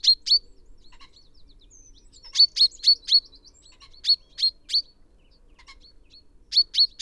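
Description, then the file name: Common chaffinch producing crisp high chirps in groups of two to four, separated by short pauses, with faint softer bird notes between them in a quiet setting. "Fringilla coelebs"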